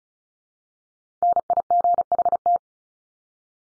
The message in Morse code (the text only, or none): NIGHT